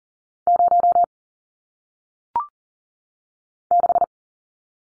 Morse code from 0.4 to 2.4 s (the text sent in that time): 0